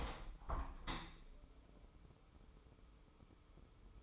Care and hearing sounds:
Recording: daily activity, microphone in the room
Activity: open window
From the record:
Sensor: 1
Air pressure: 1015.0 hPa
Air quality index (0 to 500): 25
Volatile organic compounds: 0 ppm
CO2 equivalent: 501 ppm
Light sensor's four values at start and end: 10/25/10/11 and 11/27/11/12

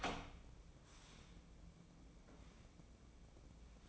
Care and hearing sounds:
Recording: daily activity, microphone in the room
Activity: open door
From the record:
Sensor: 1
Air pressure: 1012.4 hPa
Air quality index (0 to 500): 165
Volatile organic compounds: 3 ppm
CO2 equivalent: 1352 ppm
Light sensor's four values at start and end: 586/1355/605/720 and 581/1341/599/713

